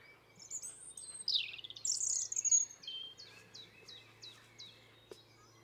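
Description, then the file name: European robin singing: high thin whistles and a bright warbled flourish, then a steady series of short, dropping tick-like notes, each about a third of a second apart. "Erithacus rubecula"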